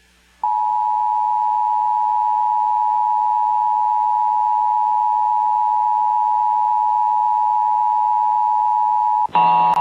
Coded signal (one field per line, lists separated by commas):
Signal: Emergency Alert System (SAME) tones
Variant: 853 and 960 Hz attention tone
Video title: [EAS #2688-#2697] Some Tests to kick off the month of September (9/06/23)